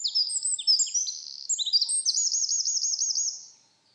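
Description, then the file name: Eurasian wren song, a loud rush of high, sharp notes running into a fast rattling trill, fading out after about three and a half seconds. "Troglodytes troglodytes"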